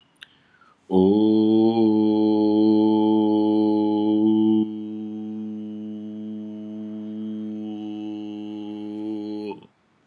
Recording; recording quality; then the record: sustained vowel as in boot; excellent, no background noise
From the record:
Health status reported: COVID-19 positive, moderate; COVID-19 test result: positive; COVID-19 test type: RT-PCR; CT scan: not taken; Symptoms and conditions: cough, sore throat, hypertension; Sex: male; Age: 52 years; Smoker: no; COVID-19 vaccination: both doses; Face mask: not worn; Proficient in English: yes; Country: India